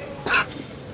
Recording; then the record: coughing mixed with background sound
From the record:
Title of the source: 64 coughing, allergies, singing lungs